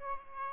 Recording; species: mosquito wingbeat signal from an infrared sensor; Aedes albopictus